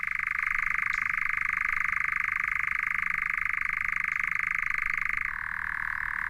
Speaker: Totalmente sexy, porque se atraen entre ellos, además.